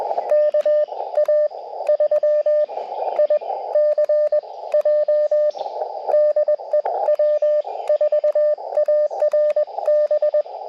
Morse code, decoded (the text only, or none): KA3ICJ DE W4ARB